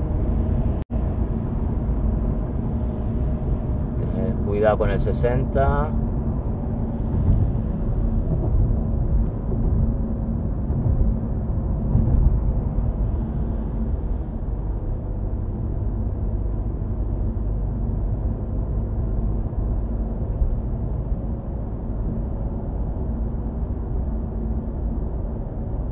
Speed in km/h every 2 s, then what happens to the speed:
66, 63, 61, 58, 57, 56, 54, 53, 53, 53, 56, 58, 58.
0-13 slows to 53. 13-26 steady at about 53.